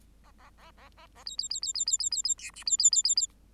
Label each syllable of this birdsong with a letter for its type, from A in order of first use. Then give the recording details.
A A A A A A B B B B B B B B B C D B B B B B. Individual Bird8